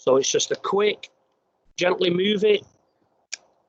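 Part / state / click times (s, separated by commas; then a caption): locking knob on an inspection tool carriage / seated / 3.3 s. Someone talks while the rotating locking knob on an inspection tool carriage is gently moved until it engages. A single sharp click is heard at 3.3 s as the knob seats, and it is then locked in position and will not move.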